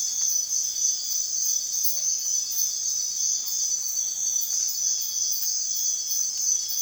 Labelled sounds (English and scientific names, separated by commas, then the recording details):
none
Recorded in secondary vegetation near Puerto Asís, Putumayo, Colombia, on 30 June 2025 at 05:00
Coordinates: 0.498, -76.327
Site GP09